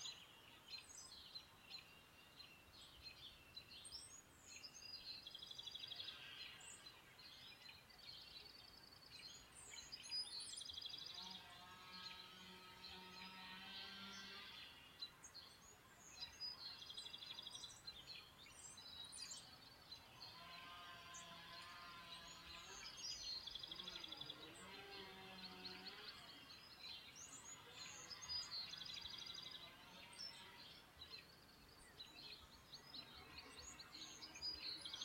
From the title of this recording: Birds and Rain, sounds of Nature.